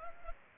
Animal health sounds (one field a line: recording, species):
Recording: mosquito wingbeat signal from an infrared sensor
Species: Culex pipiens